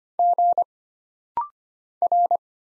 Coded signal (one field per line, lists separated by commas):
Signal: Morse code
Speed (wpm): 25 wpm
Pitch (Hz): 700 Hz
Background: none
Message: G R